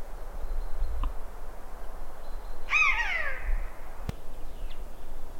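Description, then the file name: Eurasian jay giving a single harsh, downslurred call with strong overtones, falling over about half a second, over a steady low rumble with faint bird notes. "Garrulus glandarius"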